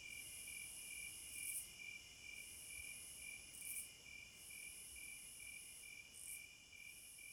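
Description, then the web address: Crickets calling: even pulsed chirps beneath a high trill that cuts out and resumes every two seconds or so. Crickets at midnight. "Sleep Sounds of Nature CRICKETS Midnight Serenade"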